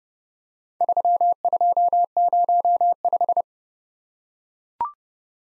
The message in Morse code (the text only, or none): 3205